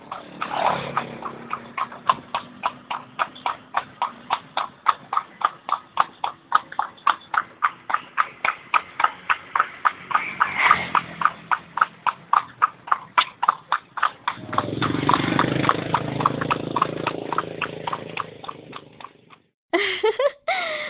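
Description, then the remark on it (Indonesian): A group of young children imitate a walking horse's hoofbeats in a sound-imitation game, with a long run of sharp, steady clip-clop clicks, about two per second, while a murmur of voices swells underneath toward the end. “Ya, Untuk kelompok merah, coba kalian tirukan bunyi langkah kuda yang sedang berjalan.”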